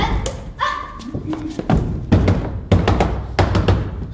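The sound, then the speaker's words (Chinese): Heavy thuds of a fist pounding on a door, about four or five loud blows spaced roughly half a second apart, with a voice briefly heard just before the pounding starts. “开门呀，我有话对你说。开门呀，你听见了没有？”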